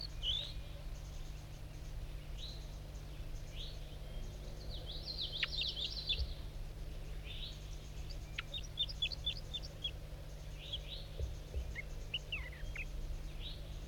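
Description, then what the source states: Goldfinch song of bright chirps and twittered phrases, scattered in quick bursts, with a constant low droning hum underneath. Songbird labelled 5-3.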